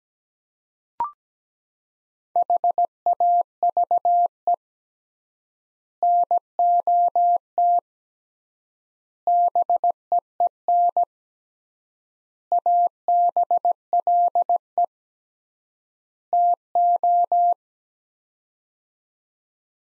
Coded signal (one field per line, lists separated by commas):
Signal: Morse code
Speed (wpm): 17 wpm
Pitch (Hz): 700 Hz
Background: none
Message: HAVE NOT BEEN ABLE TO